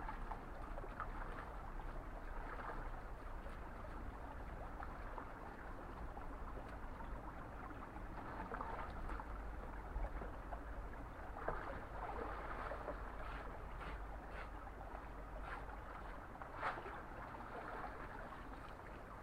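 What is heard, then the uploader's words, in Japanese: Daikon radishes are washed in flowing spring water, a steady, dense rush and gurgle that never lets up. Brief splashes and knocks break through now and then, notably near 11 and 17 seconds, over a constant low rumble. 湧水で大根洗い。急に寒さが増し、いよいよ切り干し大根づくりはじまります。そのための大根洗いを、いつもの富士湧水の洗い場で行います。洗い場の向かいはお寺。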